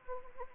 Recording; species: mosquito wingbeat signal from an infrared sensor; Anopheles arabiensis